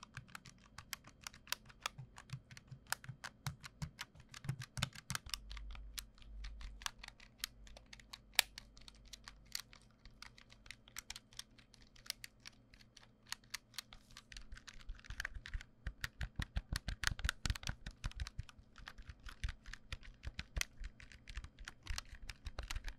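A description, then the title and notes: Rapid clicky keystrokes tap out irregular bursts, sharp and bright, with a low steady hum underneath and dense flurries around fifteen to eighteen seconds. 按鍵與開關觸發. Switches and Other Clicky Sounds. NoTalking.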